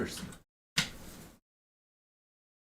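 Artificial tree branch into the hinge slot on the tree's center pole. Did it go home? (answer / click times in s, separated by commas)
no / none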